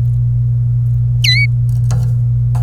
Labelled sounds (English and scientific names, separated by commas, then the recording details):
Domestic Canary (Serinus canaria) song
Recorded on 26 April 2018 at 17:49
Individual llb3